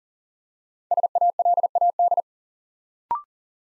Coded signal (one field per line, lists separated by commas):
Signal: Morse code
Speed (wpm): 43 wpm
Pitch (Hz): 700 Hz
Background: none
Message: SALAD